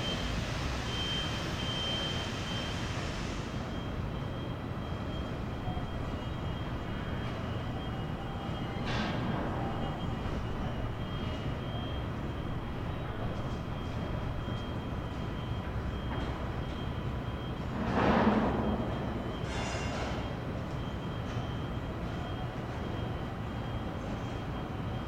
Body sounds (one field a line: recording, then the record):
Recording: background sound without coughing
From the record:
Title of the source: 30 MINUTES Construction Site Ambience (CC BY 4.0)